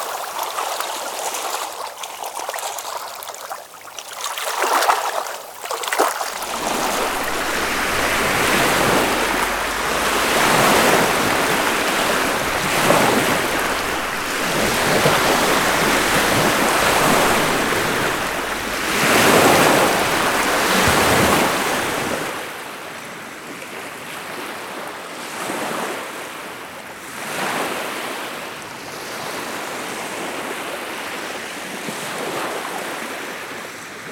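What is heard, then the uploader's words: Waves wash and break along a lake or river shore in a dense, steady rush with repeated surges every few seconds. A low rumble underlies the middle stretch from about 6 to 22 seconds, and the water quiets somewhat afterward while the splashing continues. PH - Lake & River Waves by Phonophilist.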